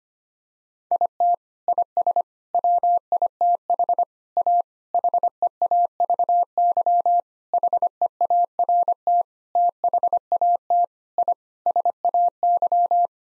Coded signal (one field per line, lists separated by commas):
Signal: Morse code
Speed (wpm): 25 wpm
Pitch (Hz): 700 Hz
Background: none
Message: IT IS WITH A HEAVY HEART THAT I SAY